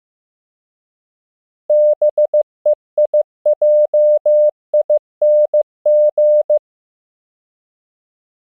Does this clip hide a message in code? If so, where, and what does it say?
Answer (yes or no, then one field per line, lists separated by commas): yes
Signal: Morse code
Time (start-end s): 1.7-6.6 s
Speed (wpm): 15 wpm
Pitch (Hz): 600 Hz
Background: none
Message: BEIJING